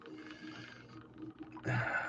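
A screw is handled at a threaded hole on an RC car, with faint small ticks over a low steady hum, then a louder broadband rush from about 1.7 s to the end. Nothing has clicked into the first thread or seated yet.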